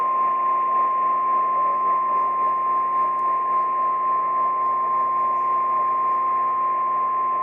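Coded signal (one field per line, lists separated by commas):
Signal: Emergency Alert System (SAME) tones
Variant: 853 and 960 Hz attention tone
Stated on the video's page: PDS Tornado Warning aired on AM station WLAC.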